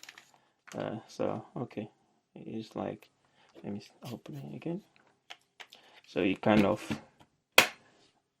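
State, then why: Seated. A plug-in adapter from a DJI Mic 2 Combo wireless microphone kit is pushed into the receiver or charging case while someone talks, with a few faint taps and handling sounds along the way. At 7.6 s a single sharp snap is heard as the adapter clicks into place and is seated properly.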